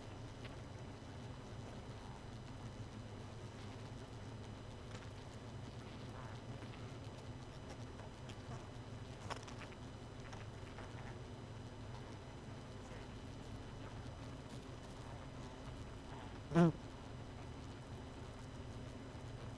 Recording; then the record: honeybee colony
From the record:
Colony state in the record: missing queen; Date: 31 May 2018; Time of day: 1:36